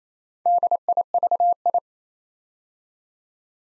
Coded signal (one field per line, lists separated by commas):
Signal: Morse code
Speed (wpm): 29 wpm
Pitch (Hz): 700 Hz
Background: none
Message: DIVI